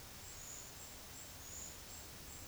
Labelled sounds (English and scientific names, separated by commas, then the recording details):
none
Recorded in dense forest near Puerto Asís, Putumayo, Colombia, on 20 February 2024 at 13:30
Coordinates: 0.485, -76.322
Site G6406